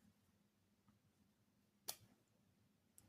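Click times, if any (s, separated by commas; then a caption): none. A plastic cap is pushed closed onto the barrel of a coloring marker, a brand whose cap does not click shut, unlike the caps usually used. A brief sharp tap is heard at 1.9 s and a fainter one at 3.0 s over a low, steady hum. The cap does not click into place, and nothing has clicked yet.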